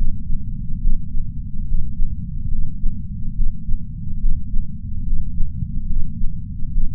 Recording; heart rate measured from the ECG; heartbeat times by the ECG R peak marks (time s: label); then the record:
heart sounds by patch sensor on the chest; 71 bpm
0.80 s: heartbeat
1.66 s: heartbeat
2.49 s: heartbeat
3.34 s: heartbeat
4.19 s: heartbeat
5.04 s: heartbeat
5.87 s: heartbeat
6.71 s: heartbeat
From the record:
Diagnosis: coronary artery disease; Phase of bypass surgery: preoperative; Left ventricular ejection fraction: 60.7%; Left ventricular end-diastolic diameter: 49 mm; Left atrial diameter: 38 mm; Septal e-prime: 7.7 cm/s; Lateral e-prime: 8.9 cm/s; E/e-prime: 8.7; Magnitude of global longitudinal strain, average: 16.3%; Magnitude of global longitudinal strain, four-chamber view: 16.1%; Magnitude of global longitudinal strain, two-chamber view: 16.3%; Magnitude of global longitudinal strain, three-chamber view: 16.5%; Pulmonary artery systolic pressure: 21 mmHg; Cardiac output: 4.8 L/min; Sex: male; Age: 58 years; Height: 170 cm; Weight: 80 kg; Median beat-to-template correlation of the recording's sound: 0.88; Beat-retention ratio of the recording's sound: 1.00